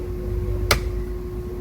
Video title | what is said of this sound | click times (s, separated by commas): How to remove Volvo door panel, volvo mirror assembly, Code P0071 Ambient temperature sensor | You'll hear a pop. | 0.7 s